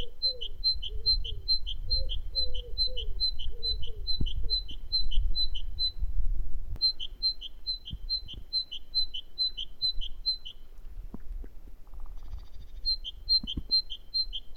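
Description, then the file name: Great tit singing bursts of see-saw two-note whistles, pausing briefly between phrases; soft lower warbling notes early on, with low rumble beneath. "Parus major"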